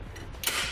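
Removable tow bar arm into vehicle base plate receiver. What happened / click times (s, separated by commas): The metal arm latched into its receiver / 0.5 s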